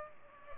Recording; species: mosquito wingbeat signal from an infrared sensor; Culex pipiens